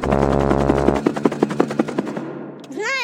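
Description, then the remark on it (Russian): A cartoonish helicopter flies by: a steady humming engine drone gives way to fast, regular rotor chopping, then a high whistling sweep rises and falls at the end. “Понимаешь, Компот, на вертолете тоже нелегко летать над городом.”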